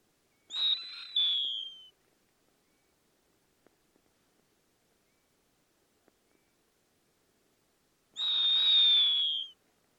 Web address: snowy owl sound